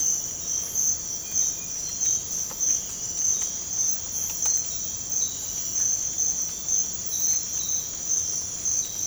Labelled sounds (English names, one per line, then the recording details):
none
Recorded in dense forest near Puerto Asís, Putumayo, Colombia, on 22 December 2024 at 04:30
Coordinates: 0.481, -76.323
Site G100